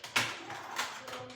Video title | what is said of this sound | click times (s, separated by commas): Dyson not standing up repair. | dust bin trash collector just as you regularly would it clicks right into place | 0.2 s